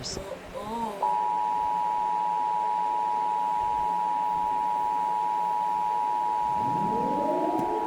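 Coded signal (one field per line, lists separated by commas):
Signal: Emergency Alert System (SAME) tones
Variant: 853 and 960 Hz attention tone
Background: speech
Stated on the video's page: Fictional EAS scenario, simulated alert.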